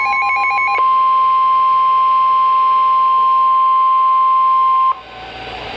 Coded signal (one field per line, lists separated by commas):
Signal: Emergency Alert System (SAME) tones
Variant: 1050 Hz attention tone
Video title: Severe Thunderstorm Warning (EAS #719)